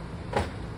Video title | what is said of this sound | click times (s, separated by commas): Orientation 6 | and it just locks | 0.4 s